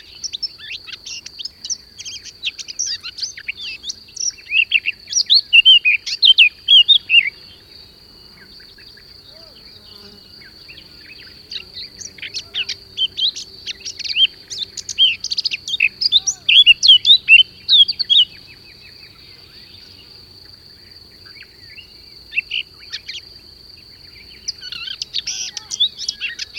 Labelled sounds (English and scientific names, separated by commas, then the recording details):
Eurasian Blackcap (Sylvia atricapilla) song
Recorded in the wild
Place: Džebel, Khaskovo, BG
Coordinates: 41.312, 25.274
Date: 1974-05-28
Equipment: Nagra III BH, Sennheiser MD 21, parabola
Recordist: Schubert, Michael